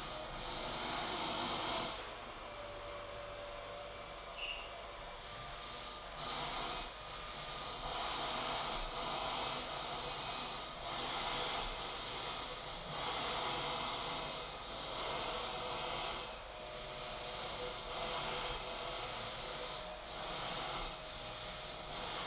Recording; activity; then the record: daily activity, microphone in the room; vacuum cleaning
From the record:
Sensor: 5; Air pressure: 991.2 hPa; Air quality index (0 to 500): 122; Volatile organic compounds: 47 ppm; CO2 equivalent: 3247 ppm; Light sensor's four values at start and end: 35/114/43/46 and 35/114/43/46